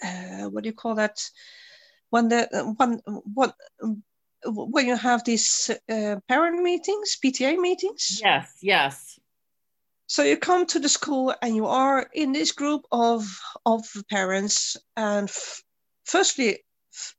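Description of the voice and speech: Conversational speech from an adult woman who stutters, with repeated word starts, drawn-out sounds and hesitant pauses.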